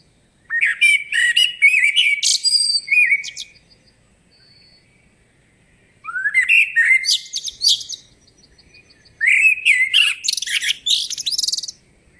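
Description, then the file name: Common blackbird song: three warbling phrases, each a fluty low-to-mid passage tailing into high twittering, separated by short pauses. "Turdus merula"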